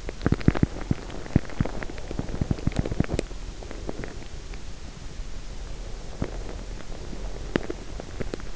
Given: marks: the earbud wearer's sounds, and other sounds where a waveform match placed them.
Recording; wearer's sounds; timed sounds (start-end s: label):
sounds in sleep by an in-ear microphone; teeth grinding
0.00-3.70 s: teeth grinding
5.78-8.51 s: teeth grinding